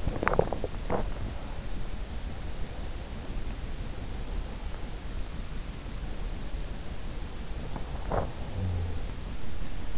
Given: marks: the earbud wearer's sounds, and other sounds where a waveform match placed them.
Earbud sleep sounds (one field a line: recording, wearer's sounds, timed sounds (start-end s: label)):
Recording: sounds in sleep by an in-ear microphone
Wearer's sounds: swallowing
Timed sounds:
0.00-1.49 s: swallowing
7.53-8.74 s: sound from someone else or the room